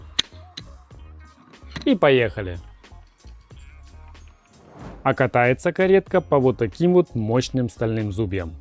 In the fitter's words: så, för det finns ett vagnlås. Ett klick